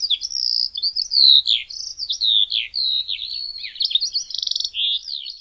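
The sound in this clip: Eurasian skylark song, a rapid high warble of slurred whistles and chirps with a brief buzzy trill near the end.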